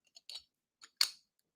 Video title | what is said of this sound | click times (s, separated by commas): FRAGRANCE FUNDRAISER for CHILDHOOD CANCER | don't know about you guys if you own house of ciage who else would like to hear the snap the clip the Clickety click | 1.0 s